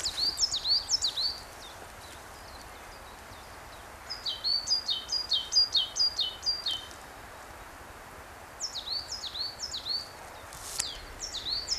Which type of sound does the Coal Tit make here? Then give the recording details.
song. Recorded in the wild. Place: Oberstdorf, Bayern, DE. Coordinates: 47.3661, 10.3014. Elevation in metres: 923. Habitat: mountains. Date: 1979-04-13. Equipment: Uher 4000 Report. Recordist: Tretzel, Erwin